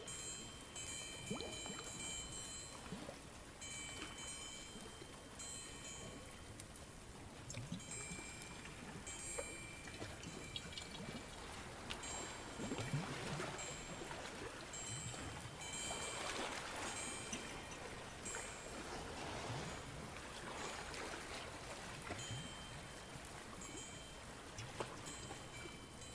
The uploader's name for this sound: A day at the beach, with birds, chimes, bells